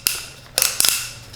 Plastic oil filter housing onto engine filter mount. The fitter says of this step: Click her back into position.